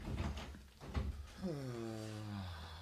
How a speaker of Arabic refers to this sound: اقفل الباب وراك.